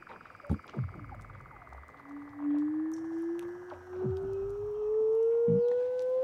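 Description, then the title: Weddell seal underwater calls: a clear tone rising slowly over several seconds, with faint higher glides and scattered knocks and thumps. "Douglas Quin - Weddell Seals (Underwater)"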